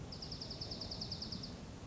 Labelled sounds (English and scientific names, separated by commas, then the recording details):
Dark-eyed Junco (Junco hyemalis)
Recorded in Sonoma County, California